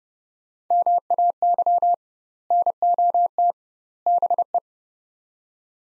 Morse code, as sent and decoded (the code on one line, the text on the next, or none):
-- .- -.-- / -. --- - / -... .
MAY NOT BE